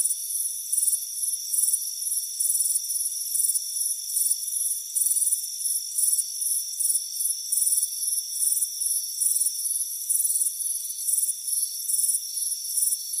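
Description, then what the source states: Crickets produce high, pulsing chirps in quick succession, with a constant thin insect drone beneath. Soothing cricket chirping on a warm afternoon on a front porch.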